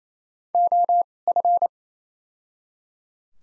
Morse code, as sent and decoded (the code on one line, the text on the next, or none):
--- / ..-.
O F